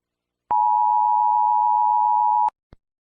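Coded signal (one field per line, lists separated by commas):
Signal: Emergency Alert System (SAME) tones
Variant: 853 and 960 Hz attention tone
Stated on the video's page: Fictional EAS scenario made for fun, not a real alert.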